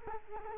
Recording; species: mosquito wingbeat signal from an infrared sensor; Culex quinquefasciatus